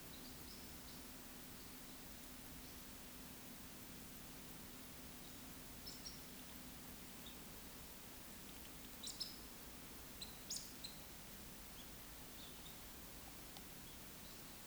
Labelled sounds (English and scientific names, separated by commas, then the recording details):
Eurasian Woodcock (Scolopax rusticola) chase call
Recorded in Baden-Württemberg, Germany, on 16 June 2021 at 20:18 UTC
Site 18672, 474 m above sea level